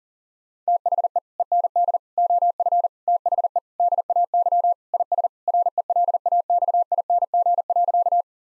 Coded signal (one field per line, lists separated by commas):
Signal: Morse code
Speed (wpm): 40 wpm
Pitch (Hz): 700 Hz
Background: none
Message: THE END OF THE DAY IS RELAXING.